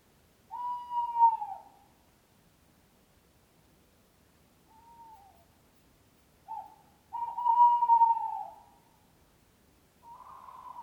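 Owl giving loud, drawn-out hoots that bend downward at the end, with a short softer hoot and a brief note between, then a fuzzier call starting at the close; otherwise near silence.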